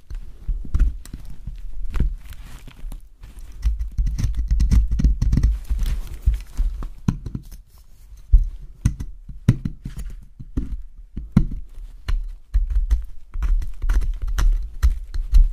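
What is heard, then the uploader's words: Soap being carved produces a steady run of soft, dull scrapes and crunchy clicks, dense around four to six seconds, with brief quieter gaps. ASMR Soap Carving. Relaxing soap cutting sounds.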